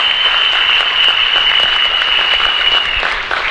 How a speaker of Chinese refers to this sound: 好，谢谢，掌声鼓励一下，好不好？谢谢。